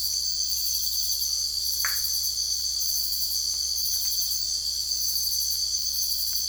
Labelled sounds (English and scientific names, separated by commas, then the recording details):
none
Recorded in secondary vegetation near Puerto Asís, Putumayo, Colombia, on 21 December 2024 at 05:00
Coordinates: 0.488, -76.319
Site GP04